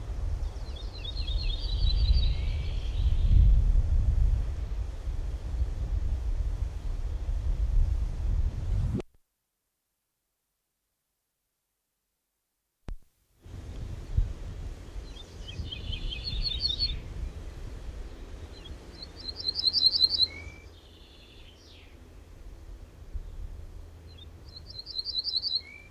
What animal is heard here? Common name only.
Ortolan Bunting